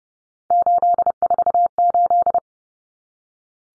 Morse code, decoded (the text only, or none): 848